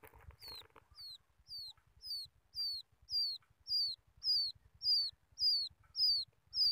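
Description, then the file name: Quail chick peeping insistently: thin, falling whistled notes repeated evenly every 0.6 seconds after a brief rustle at the start. Quail chick calling its mother. "tieng cut con goi me"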